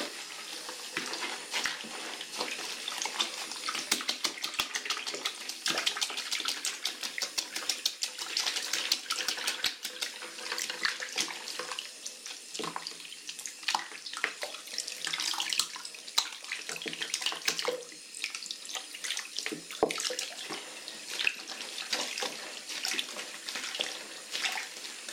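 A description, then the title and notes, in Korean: Shampoo lathered during a scalp massage makes a dense, wet, bubbly crackle, full of quick tiny pops and clicks, bright and unbroken throughout. 토탈케어 F코스 ASMR (샴푸, 스킨케어, 두피마사지, 헤어브러싱).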